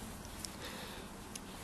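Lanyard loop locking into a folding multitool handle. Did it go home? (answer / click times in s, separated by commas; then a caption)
yes / 0.4 s, 1.4 s. The metal lanyard loop of a Gerber Suspension folding multitool is swung out until it locks in place in the handle. Two short, sharp metallic clicks sound at 0.5 s and 1.4 s over a steady background hiss, and the loop is seated and locked.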